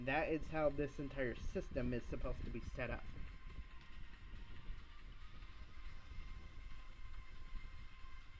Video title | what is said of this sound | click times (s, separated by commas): Transformers Combiner Wars Hot Spot Review Pt. 1 | for some reason it's not clicking in as its supposed to | none